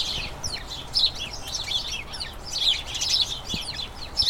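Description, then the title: House sparrows giving rapid, excited chirps and chatter, several birds calling over one another with short bursts of notes. A colony of about a dozen house sparrows chattering incessantly in a small front garden as crocuses bloom, the colony turning toward the breeding season. "Sound Escape. the soothing conversations of a flock of house sparrows"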